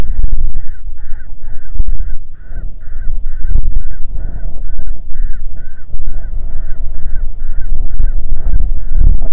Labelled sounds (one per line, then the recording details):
bird
wind
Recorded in the Prudhoe Bay oil fields, Alaska, on 6 June 2019 at 03:39
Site 16